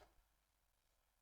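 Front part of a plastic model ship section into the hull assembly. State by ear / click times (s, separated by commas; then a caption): not seated / none. The front part of a plastic model ship section is handled as it is pressed into position in the hull assembly. A brief soft burst is heard at the very start, followed by a faint, steady low hiss. Nothing has clicked into place yet.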